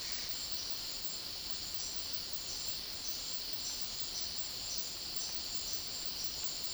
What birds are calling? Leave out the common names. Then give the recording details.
none. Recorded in dense forest near Puerto Asís, Putumayo, Colombia, on 21 February 2024 at 12:30. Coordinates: 0.500, -76.322. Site G6465